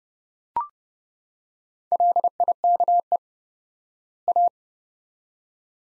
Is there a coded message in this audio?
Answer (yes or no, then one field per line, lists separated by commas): yes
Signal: Morse code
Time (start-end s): 1.9-4.5 s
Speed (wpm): 30 wpm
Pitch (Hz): 700 Hz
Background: none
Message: LIKE A